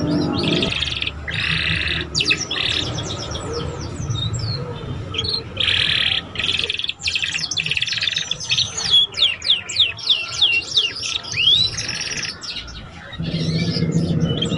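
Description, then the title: Belgian canary song, buzzy rolled phrases broken by bursts of rapid sweeping chirps, low rumble underneath. Canary song to warm up young canaries and stimulate them to start singing quickly and chatter. "Canto Para Esquentar Canário Belga. SUARA KENARI PAUD CUIT CUIT BELAJAR BUNYI - pancingan kenari paud muda agar cepat bunyi dan ngeriwik"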